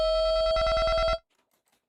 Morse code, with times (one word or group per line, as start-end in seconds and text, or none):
none